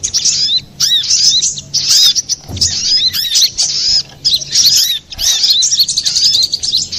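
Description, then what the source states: Little spiderhunter singing high, sharp chirps in rapid bursts separated by short gaps, each burst a busy jumble of rising and falling notes. Master recording for training cage birds, labelled 'ontong labaik'.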